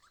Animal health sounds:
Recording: pig call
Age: piglet (1 to 25 days)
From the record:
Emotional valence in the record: positive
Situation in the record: reunion after long isolation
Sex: female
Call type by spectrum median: low-frequency call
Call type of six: low-frequency tonal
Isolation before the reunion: 8 minutes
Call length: 0.11 s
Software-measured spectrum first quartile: 1189 Hz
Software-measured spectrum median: 2214 Hz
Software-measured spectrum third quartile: 5599 Hz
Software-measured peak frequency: 1179 Hz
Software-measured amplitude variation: 92 dB a second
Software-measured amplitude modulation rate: 13.4 a second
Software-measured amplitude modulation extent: 6.9 dB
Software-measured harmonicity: 3.9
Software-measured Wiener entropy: -1.61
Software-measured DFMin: 1244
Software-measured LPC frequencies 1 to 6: 1227, 3437, 4235, 5171, 6292, 7389 Hz

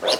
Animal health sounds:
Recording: pig call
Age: piglet (1 to 25 days)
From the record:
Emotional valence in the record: positive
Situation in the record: huddling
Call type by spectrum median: low-frequency call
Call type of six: mixed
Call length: 0.20 s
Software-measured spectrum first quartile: 620 Hz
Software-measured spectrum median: 1906 Hz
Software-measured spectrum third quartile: 4225 Hz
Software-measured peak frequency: 532 Hz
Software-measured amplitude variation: 128 dB a second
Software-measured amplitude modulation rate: 12.6 a second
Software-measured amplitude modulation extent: 10.2 dB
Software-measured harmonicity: 3.0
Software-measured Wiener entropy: -1.96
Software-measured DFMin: 1006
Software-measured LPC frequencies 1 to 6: 592, 1216, 2885, 3569, 4108, 4723 Hz

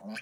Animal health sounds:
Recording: pig call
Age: piglet (1 to 25 days)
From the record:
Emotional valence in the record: negative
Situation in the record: long isolation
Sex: male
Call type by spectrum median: low-frequency call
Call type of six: mixed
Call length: 0.22 s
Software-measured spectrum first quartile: 293 Hz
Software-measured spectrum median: 1068 Hz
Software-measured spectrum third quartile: 2473 Hz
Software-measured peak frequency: 214 Hz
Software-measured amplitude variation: 113 dB a second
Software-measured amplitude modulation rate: 11.2 a second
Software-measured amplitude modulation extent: 10.2 dB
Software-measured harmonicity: 7.2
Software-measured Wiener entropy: -2.86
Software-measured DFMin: 712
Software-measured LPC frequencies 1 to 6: 1634, 2417, 3037, 4284, 4907, 5615 Hz

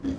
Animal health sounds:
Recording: pig call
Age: growing-finishing pig (85 days or more)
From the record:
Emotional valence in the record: negative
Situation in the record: barren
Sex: male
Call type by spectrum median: low-frequency call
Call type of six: low-frequency stable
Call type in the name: low-frequency stable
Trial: 2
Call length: 0.19 s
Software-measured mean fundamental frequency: 55 Hz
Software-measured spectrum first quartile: 212 Hz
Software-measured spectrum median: 274 Hz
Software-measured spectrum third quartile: 372 Hz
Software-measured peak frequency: 273 Hz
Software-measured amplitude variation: 145 dB a second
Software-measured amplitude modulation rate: 13.4 a second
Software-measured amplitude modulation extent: 10.8 dB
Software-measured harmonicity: 6.3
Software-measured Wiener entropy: -0.36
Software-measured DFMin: 1028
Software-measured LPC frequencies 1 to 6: 294, 1757, 3346, 4728, 5998, 8874 Hz

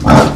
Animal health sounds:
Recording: pig call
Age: growing-finishing pig (85 days or more)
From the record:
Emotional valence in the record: positive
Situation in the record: run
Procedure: transit

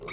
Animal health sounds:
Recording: pig call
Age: weaner (32 to 43 days)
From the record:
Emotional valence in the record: negative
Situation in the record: novel object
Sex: female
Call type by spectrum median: high-frequency call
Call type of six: mixed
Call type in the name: high-frequency modulated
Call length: 0.13 s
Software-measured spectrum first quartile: 1110 Hz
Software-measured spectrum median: 2841 Hz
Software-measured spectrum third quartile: 6329 Hz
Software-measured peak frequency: 416 Hz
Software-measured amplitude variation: 113 dB a second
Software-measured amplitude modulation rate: 22.5 a second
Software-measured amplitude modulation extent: 5.0 dB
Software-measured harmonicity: 4.2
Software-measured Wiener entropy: -3.31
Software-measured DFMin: 901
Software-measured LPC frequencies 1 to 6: 436, 1203, 2252, 3721, 4471, 5506 Hz

